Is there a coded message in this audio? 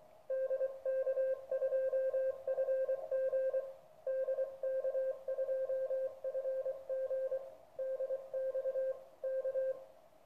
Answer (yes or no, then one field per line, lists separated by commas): yes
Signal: Morse code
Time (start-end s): 0.3-9.7 s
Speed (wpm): 24 wpm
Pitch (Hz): 530 Hz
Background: radio noise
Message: DK2FG DK2FG DX K